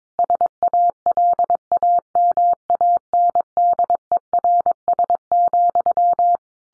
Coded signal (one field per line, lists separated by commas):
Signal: Morse code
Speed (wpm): 22 wpm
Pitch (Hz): 700 Hz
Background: none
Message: SALAMANDERS,